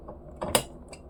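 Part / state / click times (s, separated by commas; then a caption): CPU cooler mounting screw into motherboard backplate / torque reached / 0.6 s. The last spring-loaded CPU cooler mounting screw is tightened into the motherboard backplate of an AM5 build on an ASRock B650 Pro RS board. A brief rasp of turning begins around 0.4 s, then a sharp click at 0.6 s as the screw reaches its spring-loaded stop, with faint ticks near 0.1 s and 0.9 s. The screw is fully tightened, and the spring's click signals it should not be turned any further.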